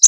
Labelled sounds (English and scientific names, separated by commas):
Connecticut Warbler (Oporornis agilis) flight call